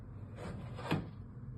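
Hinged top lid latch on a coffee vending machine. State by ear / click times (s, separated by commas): seated / 0.9 s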